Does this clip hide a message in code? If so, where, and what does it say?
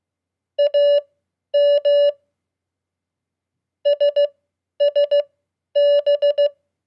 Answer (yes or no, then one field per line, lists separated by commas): yes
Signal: Morse code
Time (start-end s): 0.6-6.5 s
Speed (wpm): 16 wpm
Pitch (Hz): 580 Hz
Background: none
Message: AM SSB